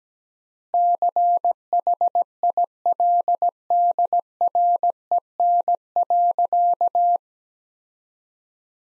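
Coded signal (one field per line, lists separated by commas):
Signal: Morse code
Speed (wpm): 17 wpm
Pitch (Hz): 700 Hz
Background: none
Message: CHILDREN.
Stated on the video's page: Morse practice of sentences from the top 400 words at 17 wpm with 3x word spacing, a word-based Farnsworth-like method.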